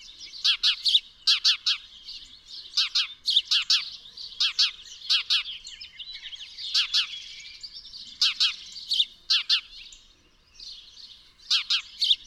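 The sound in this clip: Bird song: crisp, high chirps in quick pairs and triplets, repeated at short intervals with brief pauses and faint twittering between groups.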